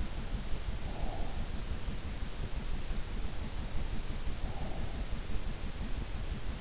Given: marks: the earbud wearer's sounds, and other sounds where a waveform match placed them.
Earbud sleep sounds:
sounds in sleep by an in-ear microphone; breath
0.45-1.86 s: breath
4.17-5.19 s: breath

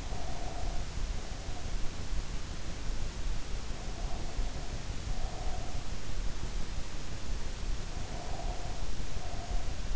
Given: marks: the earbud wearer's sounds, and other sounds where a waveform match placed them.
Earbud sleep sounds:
sounds in sleep by an in-ear microphone; breath
0.00-1.72 s: breath
3.77-5.95 s: breath
7.99-9.81 s: breath

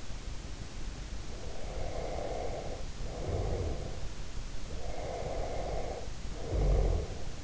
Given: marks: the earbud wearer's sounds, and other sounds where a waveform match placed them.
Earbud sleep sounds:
sounds in sleep by an in-ear microphone; breath
1.18-4.04 s: breath
4.76-7.44 s: breath

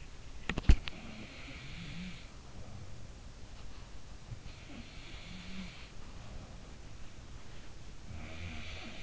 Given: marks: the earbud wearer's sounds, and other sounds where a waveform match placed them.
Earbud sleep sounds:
sounds in sleep by an in-ear microphone; body movement
0.43-1.07 s: body movement
0.83-3.32 s: sound from someone else or the room
4.23-6.72 s: sound from someone else or the room

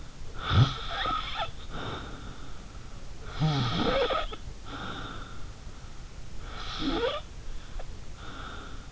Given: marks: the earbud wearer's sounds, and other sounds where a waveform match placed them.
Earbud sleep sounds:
sounds in sleep by an in-ear microphone; snoring breath
0.32-2.63 s: snoring breath
3.26-5.61 s: snoring breath
6.39-8.92 s: snoring breath

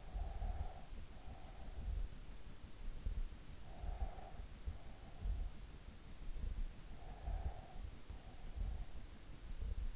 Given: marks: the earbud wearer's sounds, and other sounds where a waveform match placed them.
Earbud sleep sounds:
sounds in sleep by an in-ear microphone; breath
0.00-1.89 s: breath
3.39-5.29 s: breath
6.94-8.67 s: breath

